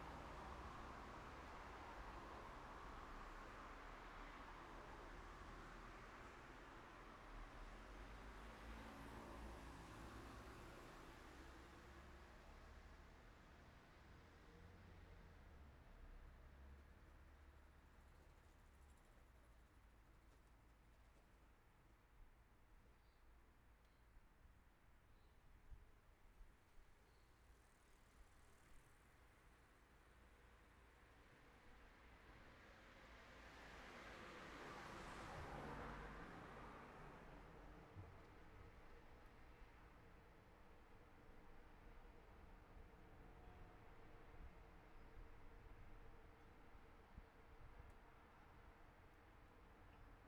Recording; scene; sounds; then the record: everyday scene through a hearing-aid microphone; in traffic; traffic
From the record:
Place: city secondary road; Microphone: behind the ear, right, front